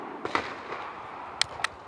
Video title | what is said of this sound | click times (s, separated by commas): Beretta ARX100 Complete Review - FateofDestinee | and it'll make a nice click. | 1.4 s